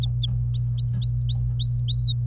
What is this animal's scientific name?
Serinus canaria